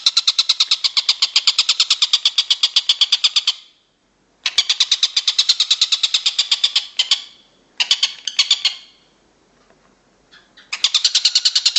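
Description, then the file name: Stork-billed kingfisher giving rapid harsh note series, with a silent break and a few shorter bursts later. "tengkek buto om andri"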